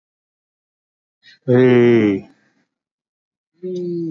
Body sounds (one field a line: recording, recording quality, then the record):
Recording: sustained vowel as in made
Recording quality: moderate, slight background noise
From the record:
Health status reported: healthy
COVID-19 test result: negative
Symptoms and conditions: none ticked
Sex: male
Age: 45 years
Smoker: not ticked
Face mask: worn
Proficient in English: yes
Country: India